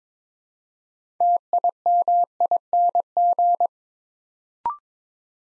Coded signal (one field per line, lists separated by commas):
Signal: Morse code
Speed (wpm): 22 wpm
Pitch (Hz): 700 Hz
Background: none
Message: TIMING